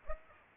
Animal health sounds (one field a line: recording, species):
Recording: mosquito wingbeat signal from an infrared sensor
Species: Aedes aegypti